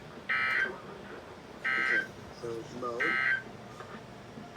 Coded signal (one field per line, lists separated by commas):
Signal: Emergency Alert System (SAME) tones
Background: speech